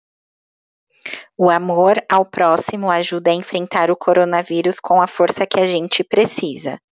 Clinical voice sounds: spoken sentence; Brazilian Portuguese; female; 20 to 29 years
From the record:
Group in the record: control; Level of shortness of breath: 0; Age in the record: 26 years

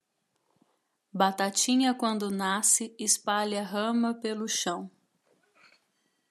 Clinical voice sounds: short text; Brazilian Portuguese; female; 30 to 39 years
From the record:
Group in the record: control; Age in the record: 35 years

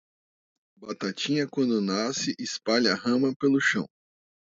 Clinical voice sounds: short text; Brazilian Portuguese; male; 40 to 49 years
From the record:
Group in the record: control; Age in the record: 43 years

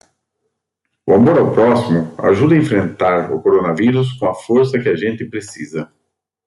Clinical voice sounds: spoken sentence; Brazilian Portuguese; male; 40 to 49 years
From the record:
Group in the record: control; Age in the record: 47 years

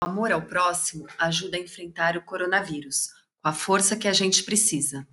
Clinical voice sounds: spoken sentence; Brazilian Portuguese; female; 40 to 49 years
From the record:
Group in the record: control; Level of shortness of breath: 0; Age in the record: 45 years

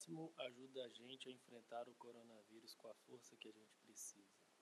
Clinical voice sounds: spoken sentence; Brazilian Portuguese; male; 30 to 39 years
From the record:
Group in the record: control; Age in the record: 39 years

